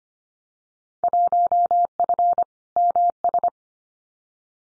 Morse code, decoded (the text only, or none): 1F MS